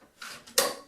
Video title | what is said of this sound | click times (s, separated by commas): PowerBlock Elite 90 Dumbbell Video Review | there that's the magnet engaging the metal bar | 0.6 s